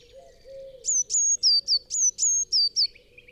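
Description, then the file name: Eurasian Blue Tit calling a rapid series of eight high, thin, slightly falling notes, over a soft low hum. "Cyanistes caeruleus"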